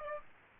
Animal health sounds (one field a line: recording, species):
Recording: mosquito wingbeat signal from an infrared sensor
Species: Aedes aegypti